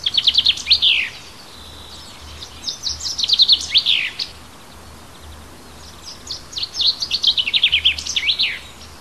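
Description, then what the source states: Bird song: short phrases of quick high notes and downslurred whistles, given in a few bursts with pauses between, over a steady background hiss. Native hedge bird, recorded in March.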